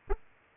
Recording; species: mosquito wingbeat signal from an infrared sensor; Aedes aegypti